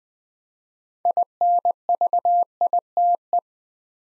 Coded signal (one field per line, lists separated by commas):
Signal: Morse code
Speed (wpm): 20 wpm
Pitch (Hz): 700 Hz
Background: none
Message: INVITE